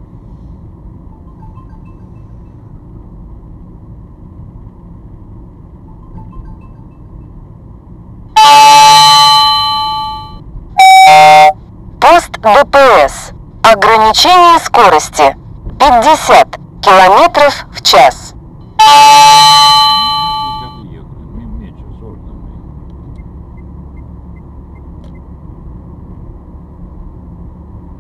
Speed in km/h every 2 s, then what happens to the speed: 42, 43, 44, 44, 44, 45, 44, 45, 46, 47, 51, 53, 55, 56.
0-13 steady at about 44. 13-28 speeds up to 56.